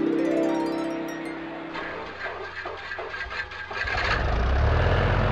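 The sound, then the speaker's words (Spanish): A scooter or motorcycle engine sputters and catches, a steady low hum with rattling bursts, then swells into a louder, deep rumbling revs at the end. “Usted viaja conmigo en la motoneta. Y Olga va con Beto en la moto.”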